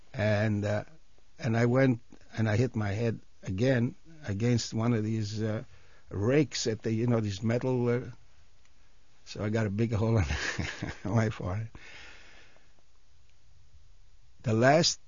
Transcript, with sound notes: And, and I went, and I hit my head again against one of these rakes that they, you know, these metal, so I got a big hole (he laughs) on my forehead. (he pauses) The last,